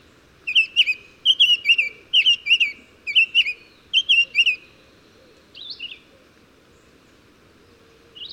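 Bird song of grouped twittering whistles for about four seconds, then a pause broken by a couple of brief higher notes.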